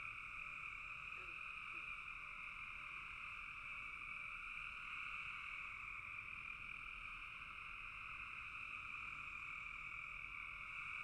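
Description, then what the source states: Frogs in full chorus, a constant buzzy wall of overlapping calls, steady in level and pitch for eleven seconds. Frogs calling in a bog.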